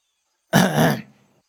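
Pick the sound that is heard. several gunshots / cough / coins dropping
cough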